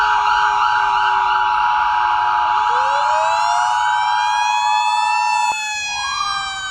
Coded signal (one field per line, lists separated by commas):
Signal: Emergency Alert System (SAME) tones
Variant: 853 and 960 Hz attention tone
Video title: EAS Scenario: Gabriel.EXE's Rampage/REMASTERED